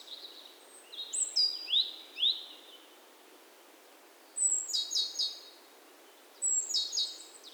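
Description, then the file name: Great tit calls: a run of high descending notes, then two short buzzy chattering bursts with a pause between. "Parus major"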